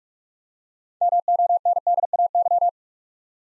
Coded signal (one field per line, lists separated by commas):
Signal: Morse code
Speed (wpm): 44 wpm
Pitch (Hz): 700 Hz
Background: none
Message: MONDAY